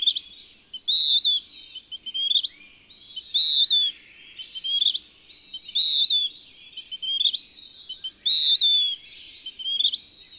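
Bird repeating a high whistled phrase followed by a short twitter ending in a quick rising chirp, cycling about every two and a half seconds.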